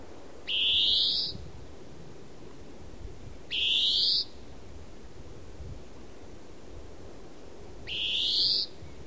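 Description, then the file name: European greenfinch giving a long, buzzy, rising wheeze three times, a few seconds apart, over a low, steady background hiss. "Chloris chloris"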